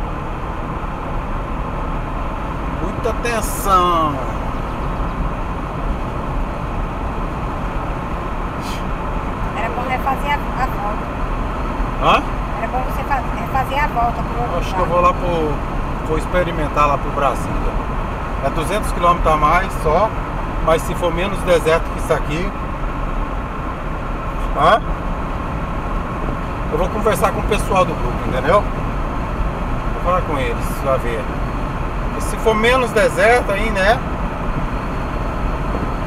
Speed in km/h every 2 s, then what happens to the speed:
77, 79, 80, 81, 83, 85, 85, 85, 84, 84, 80, 78, 77, 82, 84, 84, 85, 86.
0-10 speeds up to 85. 10-19 steady at about 85. 19-23 slows to 77. 23-36 speeds up to 86.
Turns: none.